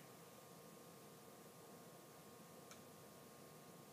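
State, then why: Seated. The revolving nosepiece of a microscope is swivelled until the objective lens clicks into its detent stop, with a small, short click at 2.7 s over a steady, quiet background hiss with a faint hum. The objective is seated in place.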